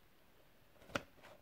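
A small black end piece is pressed on a gas mask to take it off. A single short, sharp click sounds at 0.96 s as the end piece pops loose by itself, leaving it released. The rest is quiet, with only a faint softer sound around 1.3 s.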